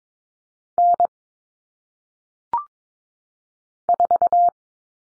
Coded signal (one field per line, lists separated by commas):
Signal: Morse code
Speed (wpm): 22 wpm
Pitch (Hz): 700 Hz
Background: none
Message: N 4